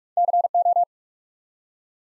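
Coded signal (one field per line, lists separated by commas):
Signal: Morse code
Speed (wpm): 47 wpm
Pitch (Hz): 700 Hz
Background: none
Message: CO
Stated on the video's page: Morse practice sending ARRL section abbreviations used in Field Day contest exchanges at 45 wpm; each sent, spoken, then sent again for head-copy training.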